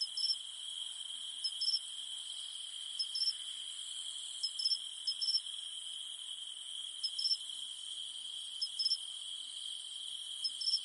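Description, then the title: Cicadas give a constant piercing hum while short twin chirps recur every second or two. Cicadas humming at night in the mountains. "In the mountains at night, only the humming of cicadas remains"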